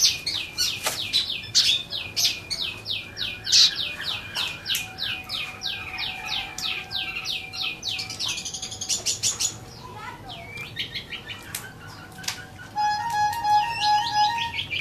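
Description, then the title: Bar-winged prinia song: quick downslurred high notes repeated in uneven series, then varied chirps and a short rattling passage, with a faint steady tone underneath. "Suara Burung Ciblek"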